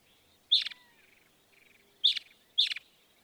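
Northern mockingbird: three sharp descending chirps, the last two close together.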